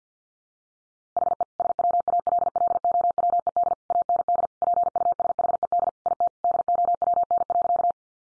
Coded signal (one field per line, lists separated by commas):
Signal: Morse code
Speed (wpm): 50 wpm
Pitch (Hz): 700 Hz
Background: none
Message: HE SWALLOWED AND PUSHED IT DOWN.